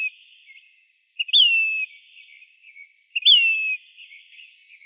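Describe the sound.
Say's phoebe giving two drawn-out whistled calls about two seconds apart, each a quick upward flick falling into a slurred descending tail, with soft faint chatter between.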